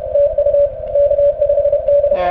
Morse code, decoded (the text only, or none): TU K5D